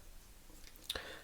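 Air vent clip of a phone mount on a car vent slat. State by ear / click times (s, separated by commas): seated / 0.9 s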